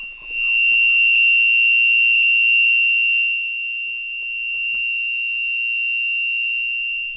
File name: Lembeja paradoxa